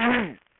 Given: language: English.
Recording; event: throat vibration sensor signal played as sound; throat clearing